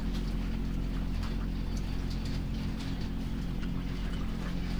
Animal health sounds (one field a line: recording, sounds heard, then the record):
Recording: poultry house recording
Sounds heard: sick chickens (respiratory disease)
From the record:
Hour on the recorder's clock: 1